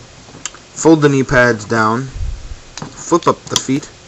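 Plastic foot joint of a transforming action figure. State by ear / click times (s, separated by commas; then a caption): not seated / none. Someone talks while handling a transforming plastic action figure, folding the knee pads down and flipping up the toy robot's plastic feet, with a few short plastic taps and rustles between the words. The foot joint has not clicked into place yet; nothing has seated by the end of the clip.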